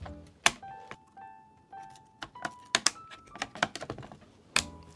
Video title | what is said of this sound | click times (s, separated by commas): How to Transfer Your PC Into a New Case (STEP BY STEP GUIDE) | And you want each one to just click into place, | 0.5 s, 2.8 s, 2.9 s, 3.6 s, 4.6 s